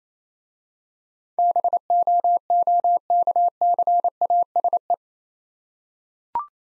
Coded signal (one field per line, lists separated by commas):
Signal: Morse code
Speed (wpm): 26 wpm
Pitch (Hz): 700 Hz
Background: none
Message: BOOKCASE